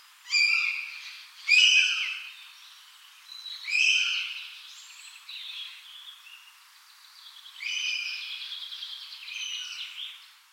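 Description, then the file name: Northern goshawk uttering a series of harsh, screechy wailing calls at irregular intervals, some louder and some fainter. "Duvhok"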